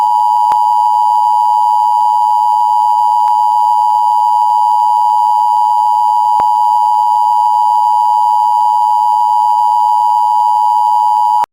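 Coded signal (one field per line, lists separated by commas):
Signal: Emergency Alert System (SAME) tones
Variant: 853 and 960 Hz attention tone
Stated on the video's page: Recreated, homemade Emergency Alert System tornado and thunderstorm alert made as a prank, with loud, scary EAS sounds and effects.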